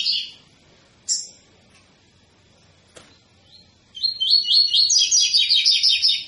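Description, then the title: Double-collared seedeater gives a few isolated chirps, a click, then a strong rhythmic run of buzzy repeated notes toward the end. Tui-tui song style, intended as a teaching song for young birds; the bird is described as 'fibra'. "COLEIRO TUI TUI FIBRA"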